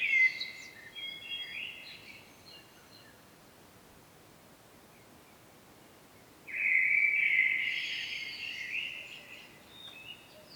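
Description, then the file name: Common blackbird calls with a short scratchy phrase at the start, then a long silence. A strong, dense chattering burst follows and trails off. "Turdus merula"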